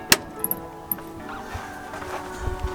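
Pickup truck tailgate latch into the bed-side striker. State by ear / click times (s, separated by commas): not seated / none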